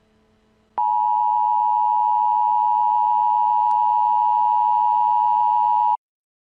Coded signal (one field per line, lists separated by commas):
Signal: Emergency Alert System (SAME) tones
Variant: 853 and 960 Hz attention tone